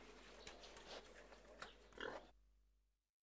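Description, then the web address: Pig grunting in short, rough bursts, with a louder burst near the end before the sound fades out. "KMP Film Video Sound Effects. Varkens - Geknor"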